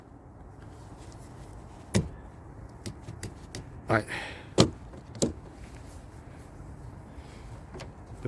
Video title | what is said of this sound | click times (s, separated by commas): New Windshield wipers for Honda Pilot - Super Clean the Windshield #honda #hondapilot #diy | It should push in. You should hear a click. | 2.0 s